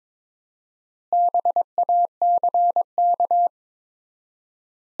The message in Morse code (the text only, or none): BACK